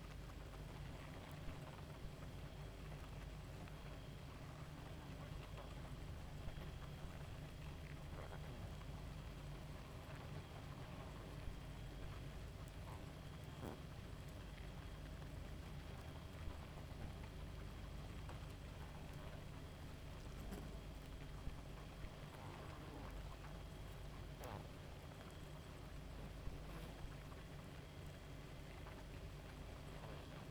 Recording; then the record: honeybee colony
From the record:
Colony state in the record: active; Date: 28 July 2017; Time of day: 0:38